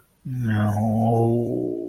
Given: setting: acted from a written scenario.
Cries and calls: vocal sound without words; shame

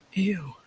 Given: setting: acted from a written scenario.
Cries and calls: vocal sound without words; disgust

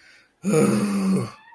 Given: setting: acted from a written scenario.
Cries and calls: vocal sound without words; anger

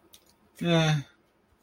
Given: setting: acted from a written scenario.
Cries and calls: vocal sound without words; neutral

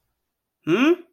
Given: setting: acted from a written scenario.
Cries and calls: vocal sound without words; confusion

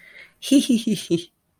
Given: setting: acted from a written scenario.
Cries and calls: vocal sound without words; amusement

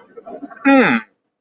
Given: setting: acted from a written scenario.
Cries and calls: vocal sound without words; interest

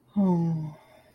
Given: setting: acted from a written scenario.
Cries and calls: vocal sound without words; romantic love

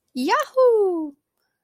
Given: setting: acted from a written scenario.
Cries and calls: vocal sound without words; elation

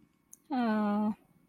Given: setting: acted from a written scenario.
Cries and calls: vocal sound without words; contentment

